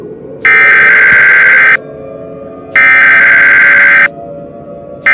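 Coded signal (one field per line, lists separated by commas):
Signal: Emergency Alert System (SAME) tones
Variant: header bursts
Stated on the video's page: Fictional EAS scenario, a remake of another creator's scenario.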